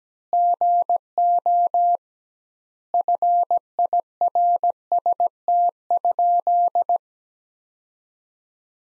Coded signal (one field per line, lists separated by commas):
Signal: Morse code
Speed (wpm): 17 wpm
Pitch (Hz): 700 Hz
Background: none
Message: GO FIRST?